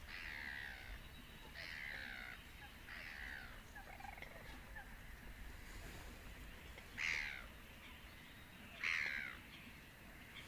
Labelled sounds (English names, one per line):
Little Crake call